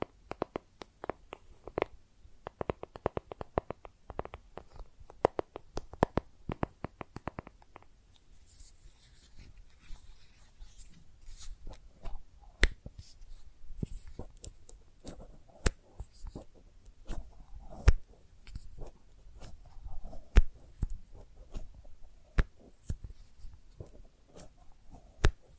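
Makeup tapping and scratching: sharp, dry taps come in quick clusters through the first eight seconds, then turn sparser and irregular. From about eight seconds on, soft scratchy rustling fills the gaps between clicks, with a low rumble underneath throughout.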